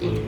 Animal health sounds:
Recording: contact call of a hoofed animal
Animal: pig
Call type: closed-mouth grunt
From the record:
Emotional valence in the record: positive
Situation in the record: food and toys in familiar pen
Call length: 0.28 s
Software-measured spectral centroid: 1780 Hz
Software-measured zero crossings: 910 a second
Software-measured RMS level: -25 dBFS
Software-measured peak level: -13 dBFS

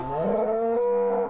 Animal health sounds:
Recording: contact call of a hoofed animal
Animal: cattle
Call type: low-frequency (closed-mouth) or high-frequency (open-mouth) call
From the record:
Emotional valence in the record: negative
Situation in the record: full separation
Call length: 1.30 s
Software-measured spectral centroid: 840 Hz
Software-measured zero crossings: 1160 a second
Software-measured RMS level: -24 dBFS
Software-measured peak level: -14 dBFS

